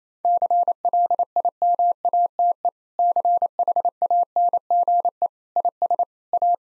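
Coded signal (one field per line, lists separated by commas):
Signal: Morse code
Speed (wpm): 28 wpm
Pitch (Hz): 700 Hz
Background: none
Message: CLIMATE CHANGE IS A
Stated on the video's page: 28 wpm Morse practice of difficult sentences, each given a contextual hint beforehand.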